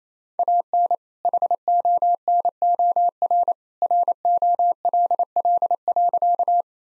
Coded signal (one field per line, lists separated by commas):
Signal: Morse code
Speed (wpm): 27 wpm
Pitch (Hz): 700 Hz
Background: none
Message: AN HONOR ROLL.